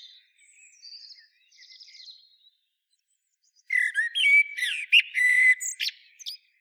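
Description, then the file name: Common blackbird with faint scratchy twitters at first, then a loud rapid phrase of squeaky and whistled notes over the last three seconds. "Turdus merula"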